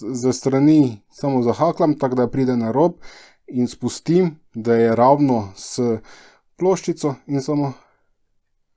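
During laptop reassembly, an internal cable connector is hooked at its edge and lowered flush onto the mating connector on the motherboard while someone talks. Speech fills the clip, with short pauses and silence at the end. Nothing has seated or clicked yet.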